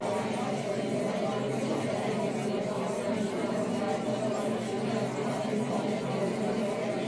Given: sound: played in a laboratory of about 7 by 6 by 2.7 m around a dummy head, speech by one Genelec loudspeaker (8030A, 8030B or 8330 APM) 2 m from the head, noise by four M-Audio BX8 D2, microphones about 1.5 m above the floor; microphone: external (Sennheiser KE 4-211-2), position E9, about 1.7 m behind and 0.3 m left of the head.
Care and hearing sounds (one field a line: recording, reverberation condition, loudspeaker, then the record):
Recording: babble noise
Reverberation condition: low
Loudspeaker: four, about 170 cm from the corners of the room and facing them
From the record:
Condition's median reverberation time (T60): about 310 ms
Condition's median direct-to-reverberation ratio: about 3.5 dB